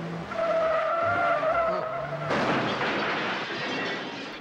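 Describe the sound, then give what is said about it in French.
Tires squeal in a sustained, high screech for about two seconds, then a loud crash cuts in as a car is struck and explodes, with a burst of noisy, crunching impact that rumbles on to the end. “Il mourut dans un étrange accident. Sa voiture explosa après avoir été percutée.”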